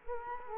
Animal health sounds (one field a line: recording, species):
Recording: mosquito wingbeat signal from an infrared sensor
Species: Culex quinquefasciatus